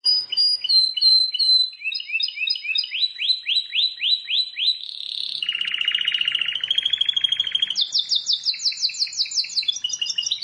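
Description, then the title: Plain prinia song: repeated sharp down-slurred chirps in even series, then a long buzzy reeling trill, then more high rapid chirps. "Ciblek Sawah"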